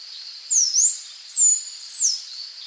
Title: LuckyPassaro Completos2Sama. Half-collared Sparrow (Arremon semitorquatus)